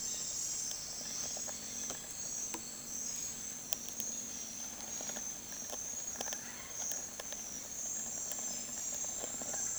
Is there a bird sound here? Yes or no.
no